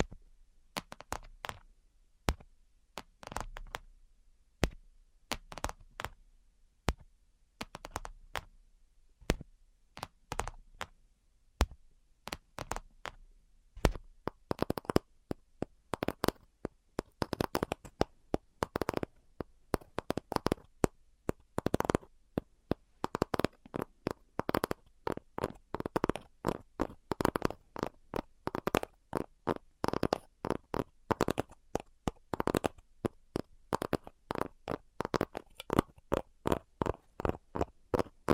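Tapping with no talking: sharp, quick taps that start sparse and irregular in the first seconds, then grow denser from about 14 seconds into rapid, busy bursts. The taps are crisp and bright with some dull knocking underneath, and brief quiet gaps between clusters.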